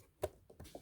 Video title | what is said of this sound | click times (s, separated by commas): Kaku Zulu Wiring walk thru. | there's no guessing it just simply locks into place | 0.2 s